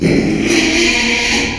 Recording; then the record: squeal of a Yucatan mini pig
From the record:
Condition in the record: after surgery on the right vocal fold (resection and tissue-engineered implant); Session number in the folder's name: 2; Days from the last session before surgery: 13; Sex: male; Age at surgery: 12 weeks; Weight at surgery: 13 kg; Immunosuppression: cyclosporine, prednisolone